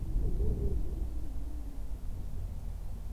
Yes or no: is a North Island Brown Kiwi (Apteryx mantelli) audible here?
no